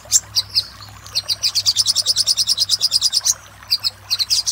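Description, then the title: Little spiderhunter song: a few scattered high chips, then a fast, even run of piercing notes, a brief pause, and more chips. Master song used for training cage birds, labelled 'Labaik'. "Masteran Burung Sogok Ontong Labaik"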